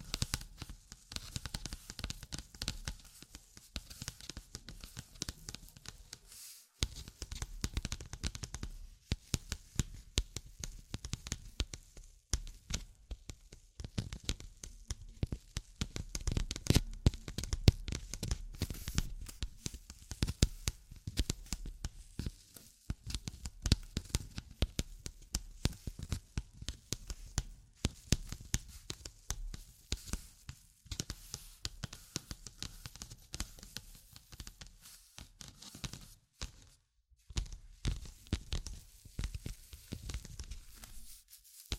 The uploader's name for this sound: Tapping, Scratching, Tracing and Panning